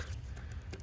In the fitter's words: the electrical connector plug it in till it clicks hit the lock